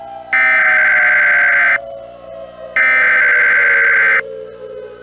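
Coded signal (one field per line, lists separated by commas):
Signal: Emergency Alert System (SAME) tones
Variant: header bursts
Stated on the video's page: Fan-made fictional EAS scenario.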